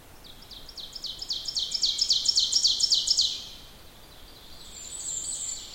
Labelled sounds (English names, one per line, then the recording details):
Ovenbird song
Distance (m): 25 m
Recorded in boreal forest in Alberta, Canada, on 14 June 2016 at 06:31
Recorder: SongMeter 3, array SBT-3-33
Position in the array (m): 125 m, 36 m
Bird 21